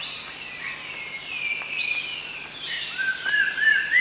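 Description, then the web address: Rufous-tailed shama whistling in the final second, a run of rising, wavering notes against a loud, continuous high-pitched insect buzz. Recorded at Danum on 1 January 2008. "DANUM 20080101. rufous-tailed shama"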